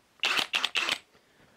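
A 5 Ah slide-on battery pack that was not locked is pushed fully onto the plastic foot of a cordless drill-driver. Three bursts of bright, broadband scraping and knocking follow. The loudest short, fast-decaying hit at 0.6 s is the latch as the pack seats.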